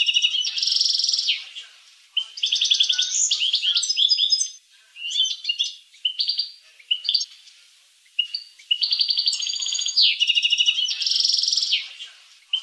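Finch song in repeated bursts of fast, high trills and jangling twitters, separated by short gaps, continuing through the whole stretch.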